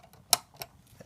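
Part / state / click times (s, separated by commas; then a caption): projectile pushed into a plastic brick spring-loaded launcher / seated / 0.3 s. A projectile is pushed into the plastic brick spring-loaded launcher of a Lego Movie Super Secret Police Dropship (set 70815), and it latches into the cocked position with a sharp, bright click at 0.3 s. Softer ticks follow around 0.6 s and 1.0 s, and the launcher ends up seated and cocked.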